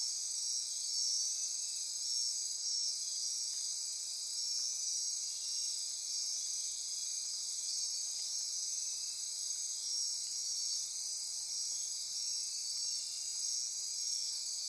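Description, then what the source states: Insects sounding a continuous, high, ringing chorus of trills, with slight swells and a few soft ticks underneath. Insect chorus at midnight near Corcovado.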